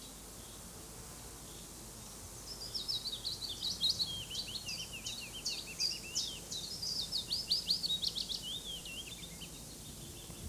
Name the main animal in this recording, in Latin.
Phylloscopus trochilus